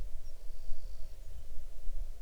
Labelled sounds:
songbird
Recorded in the Arctic National Wildlife Refuge, Alaska, on 6 July 2019 at 01:01
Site 39

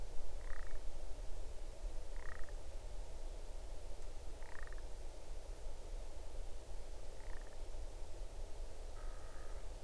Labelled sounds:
grouse or ptarmigan
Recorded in the Arctic National Wildlife Refuge, Alaska, on 8 June 2019 at 00:15
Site 40

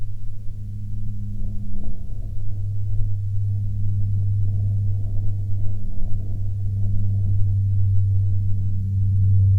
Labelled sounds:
aircraft
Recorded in the Prudhoe Bay oil fields, Alaska, on 10 June 2019 at 17:54
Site 16

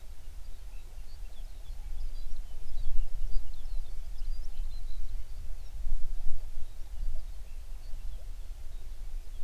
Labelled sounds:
songbird
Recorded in the Prudhoe Bay oil fields, Alaska, on 11 June 2019 at 04:36
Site 21

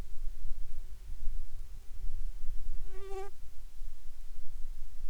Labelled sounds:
insects
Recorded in the Arctic National Wildlife Refuge, Alaska, on 10 July 2019 at 18:18
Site 44

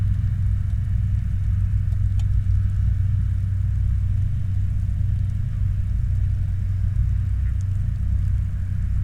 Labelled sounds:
rain
aircraft
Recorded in the Prudhoe Bay oil fields, Alaska, on 19 July 2019 at 09:31
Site 29

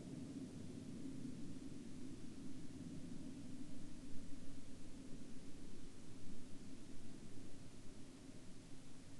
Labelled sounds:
aircraft
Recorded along the Dempster Highway, Canada, on 28 March 2019 at 19:02
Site 22

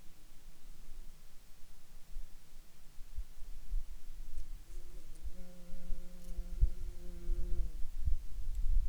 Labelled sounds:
insects
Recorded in Ivvavik National Park, Yukon, on 26 June 2019 at 22:54
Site SINP09

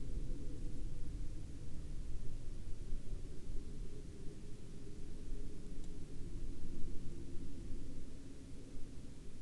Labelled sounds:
aircraft
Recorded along the Dalton Highway, Alaska, on 22 April 2019 at 16:08
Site 08

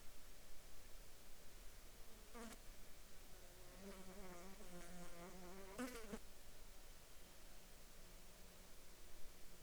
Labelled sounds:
bird
insects
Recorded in the Arctic National Wildlife Refuge, Alaska, on 14 July 2019 at 21:56
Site 35

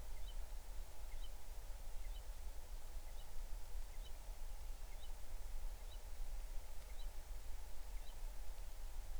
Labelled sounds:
bird
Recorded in the Arctic National Wildlife Refuge, Alaska, on 20 July 2019 at 03:23
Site 38

